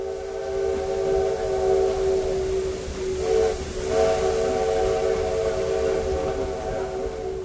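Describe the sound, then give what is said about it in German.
A small local train's steam whistle sounds a long, steady chord of stacked tones, dipping briefly in pitch midway, over a constant rumbling, hissing bed of rolling rail noise, on a short trip to Tiradentes station. “Vor der geschichtsträchtigen Kostprobe steht eine kurze Reise mit einer Bimmelbahn.”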